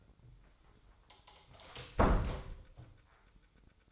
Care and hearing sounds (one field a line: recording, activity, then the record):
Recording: daily activity, microphone in the room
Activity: close door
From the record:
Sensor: 3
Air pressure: 996.1 hPa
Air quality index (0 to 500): 63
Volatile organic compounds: 3 ppm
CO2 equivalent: 1435 ppm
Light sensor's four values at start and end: 14/33/14/14 and 14/33/14/14